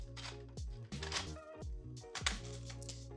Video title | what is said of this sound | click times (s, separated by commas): I HATED My BMW Until I Installed THIS ... | It just snaps right into place, just like so, and it doesn't move. | 2.3 s